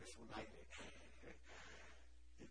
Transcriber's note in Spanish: risas